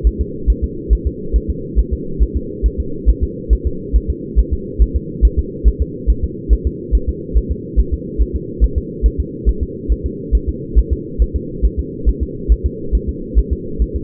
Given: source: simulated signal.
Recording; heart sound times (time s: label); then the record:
fetal heart sounds
0.07 s: S1
0.21 s: S2
0.50 s: S1
0.64 s: S2
0.93 s: S1
1.07 s: S2
1.36 s: S1
1.50 s: S2
1.79 s: S1
1.93 s: S2
2.23 s: S1
2.37 s: S2
2.66 s: S1
2.80 s: S2
3.09 s: S1
3.23 s: S2
3.53 s: S1
3.67 s: S2
3.96 s: S1
4.10 s: S2
4.39 s: S1
4.53 s: S2
4.82 s: S1
4.96 s: S2
5.25 s: S1
5.39 s: S2
5.68 s: S1
5.82 s: S2
6.10 s: S1
6.24 s: S2
6.53 s: S1
6.67 s: S2
6.95 s: S1
7.09 s: S2
7.37 s: S1
7.51 s: S2
7.80 s: S1
7.94 s: S2
8.22 s: S1
8.36 s: S2
8.64 s: S1
8.78 s: S2
9.06 s: S1
9.20 s: S2
9.49 s: S1
9.63 s: S2
9.92 s: S1
10.06 s: S2
10.35 s: S1
10.49 s: S2
10.78 s: S1
10.93 s: S2
11.22 s: S1
11.36 s: S2
11.65 s: S1
11.79 s: S2
12.09 s: S1
12.23 s: S2
12.52 s: S1
12.66 s: S2
12.95 s: S1
13.09 s: S2
13.39 s: S1
13.53 s: S2
13.82 s: S1
13.96 s: S2
From the record:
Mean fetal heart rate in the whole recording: 140 bpm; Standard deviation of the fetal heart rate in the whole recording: 2 bpm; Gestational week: 34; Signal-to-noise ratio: -4.3 dB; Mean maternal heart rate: 72 bpm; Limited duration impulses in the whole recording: absent